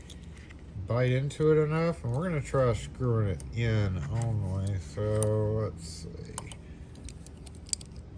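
Someone talks while a next-size metric hex key, one with a worn tip, is tried in the stripped Allen set screw of a Baldwin rim lock knob, attempting only to drive it in. Short, faint metallic ticks and scrapes follow from about 6.5 to 7.8 s, the sharpest at 7.7 s. The key won't bite and nothing seats or clicks; the set screw is stripped.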